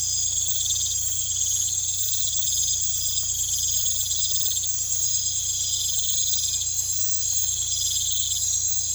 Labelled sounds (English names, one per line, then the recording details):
none
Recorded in pastures near Puerto Asís, Putumayo, Colombia, on 16 December 2024 at 03:00
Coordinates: 0.472, -76.329
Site G072